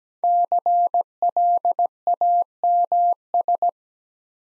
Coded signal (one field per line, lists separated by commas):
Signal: Morse code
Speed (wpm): 17 wpm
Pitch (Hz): 700 Hz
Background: none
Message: CLAMS